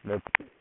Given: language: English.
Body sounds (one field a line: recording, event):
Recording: throat vibration sensor signal played as sound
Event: speech